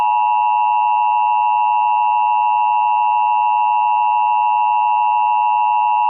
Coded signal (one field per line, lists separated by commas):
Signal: Emergency Alert System (SAME) tones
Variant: 853 and 960 Hz attention tone